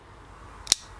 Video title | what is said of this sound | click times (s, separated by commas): Completely Finished my Table//Its Ready For Paint | snapped right in there the depth the uh the length of that little pin is | 0.7 s